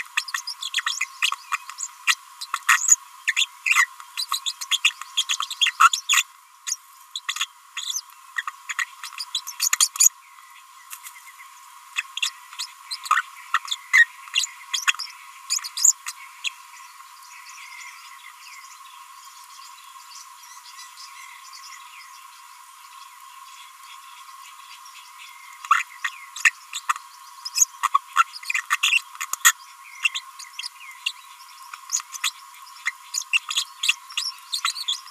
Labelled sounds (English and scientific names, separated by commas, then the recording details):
Green-rumped Parrotlet (Forpus passerinus) babbling
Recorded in a nest box in Venezuela
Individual 18B25A5